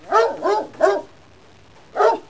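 Dog barking, three quick barks in a row, then a pause and one more bark after about a second.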